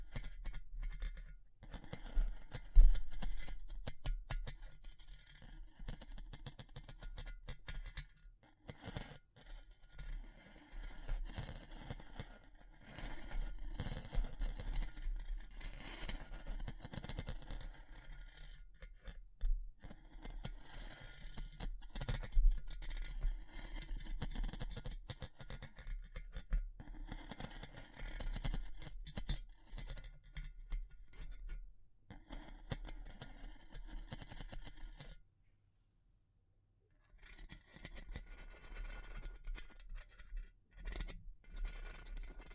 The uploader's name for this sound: Natural Triggers Wood, Bamboo and Straw